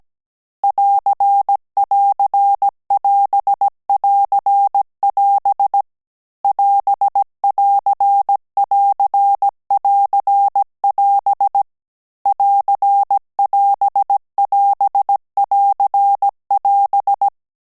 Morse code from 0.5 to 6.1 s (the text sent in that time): <AR><AR><AS><AR><AS>